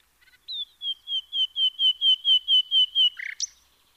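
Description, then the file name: Common nightingale song: a series of about ten loud, pure descending whistles repeated evenly, ending with a harsh chattering flourish. "Luscinia megarhynchos"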